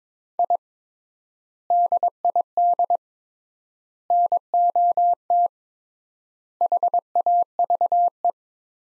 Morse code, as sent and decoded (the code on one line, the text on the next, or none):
.. / -.. .. -.. / -. --- - / .... .- ...- .
I DID NOT HAVE